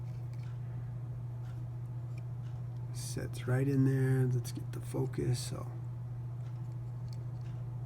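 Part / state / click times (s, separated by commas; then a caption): folding multitool screwdriver locking into the handle / not seated / none. The screwdriver implement of a steel Leatherman Wave folding multitool is being handled and opened toward its locked position in the handle while someone talks over a steady low hum. Only faint small ticks are heard, and nothing has locked or clicked into place yet by the end of the clip.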